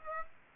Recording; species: mosquito wingbeat signal from an infrared sensor; Aedes aegypti